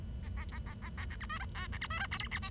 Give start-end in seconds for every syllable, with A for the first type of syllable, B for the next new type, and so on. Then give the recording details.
0.23-0.28 A, 0.37-0.44 A, 0.52-0.59 A, 0.66-0.74 A, 0.82-0.89 A, 0.97-1.05 A, 1.10-1.16 B, 1.20-1.26 C, 1.29-1.38 D, 1.40-1.45 E, 1.55-1.67 F, 1.72-1.78 B, 1.81-1.87 C, 1.90-1.99 D, 1.99-2.06 E, 2.11-2.27 G, 2.31-2.39 H, 2.42-2.49 I. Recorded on 23 June 2012 at 08:45. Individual gr41rd51